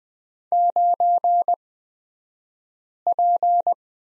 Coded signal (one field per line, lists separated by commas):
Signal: Morse code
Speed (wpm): 20 wpm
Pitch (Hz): 700 Hz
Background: none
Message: 9P